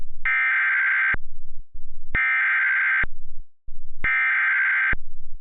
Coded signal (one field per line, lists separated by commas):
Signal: Emergency Alert System (SAME) tones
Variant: header bursts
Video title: EAS Remake: Severe Thunderstorms in SC